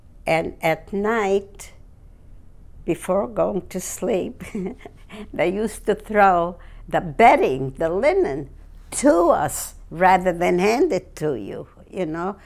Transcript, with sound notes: and at night, before going to sleep ( she laughs ) they used to throw the bedding, the linen, to us, rather than hand it to you, you know.